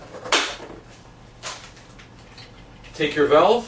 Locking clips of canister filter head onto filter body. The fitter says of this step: lock your Clips